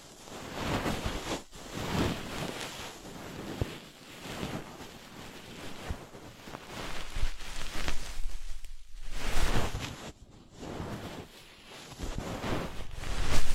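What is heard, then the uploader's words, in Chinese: Ear picking, heard as dense scratchy rustling and crackling that swells and fades in irregular waves, with brief pauses near 1.5, 9 and 10.5 seconds. 姐姐抠耳朵催眠13（声控助眠）。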